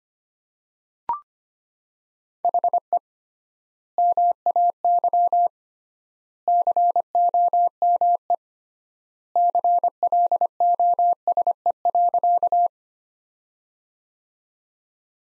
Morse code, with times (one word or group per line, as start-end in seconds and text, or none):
2.4-3.0 HE
4.0-5.5 MAY
6.5-8.3 COME
9.4-12.7 CLOSE.